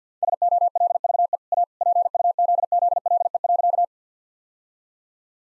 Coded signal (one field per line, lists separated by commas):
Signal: Morse code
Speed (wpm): 50 wpm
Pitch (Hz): 700 Hz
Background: none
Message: SOLVE A PUZZLE.